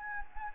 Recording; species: mosquito wingbeat signal from an infrared sensor; Anopheles gambiae